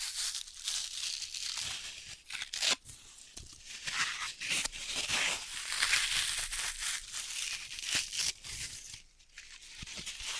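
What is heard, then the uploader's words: Floral foam crushed and crumbled in a dense, continuous crackle, bright and hissy, with sharper snaps around two to three seconds. Dry vs Wet Floral Foam Tapping, Cutting and Crushing.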